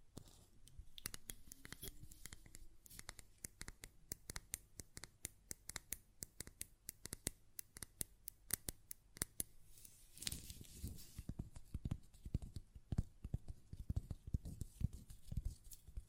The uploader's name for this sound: Glass Perfume Bottle Tapping & Lid Sounds